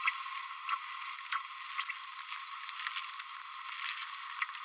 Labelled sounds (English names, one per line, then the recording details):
Green-rumped Parrotlet babbling
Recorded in a nest box in Venezuela
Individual 18B25A5